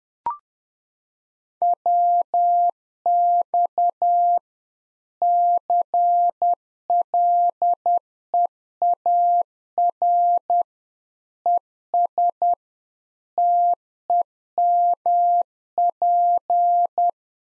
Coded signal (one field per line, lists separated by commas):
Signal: Morse code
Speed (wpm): 10 wpm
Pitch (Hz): 700 Hz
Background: none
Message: WX CLEAR ES TEMP